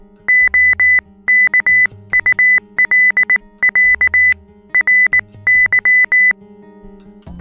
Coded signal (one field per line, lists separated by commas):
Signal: Morse code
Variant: Russian alphabet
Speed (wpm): 19 wpm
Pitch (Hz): 2000 Hz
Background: music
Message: ОКУЛЯРЫ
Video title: Азбука морзе - Софія Баран (сюжет до програми РОЖЕВІ ОКУЛЯРИ)